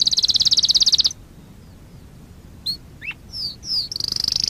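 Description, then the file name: Waterslager canary giving a high pulsed trill, a quiet pause with scattered short sweeps and chirps, then the rapid trill starting again. Song of the Waterslager breed. "Singing Waterslager Canary"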